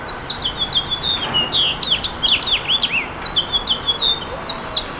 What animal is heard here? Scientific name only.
Haemorhous mexicanus